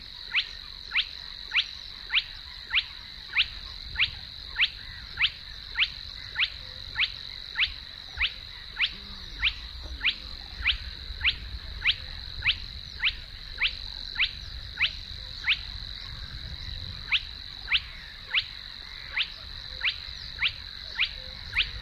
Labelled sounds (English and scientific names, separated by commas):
Spotted Crake (Porzana porzana)